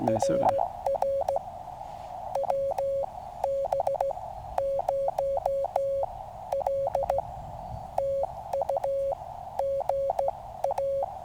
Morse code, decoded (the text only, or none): RR WB0L TU GA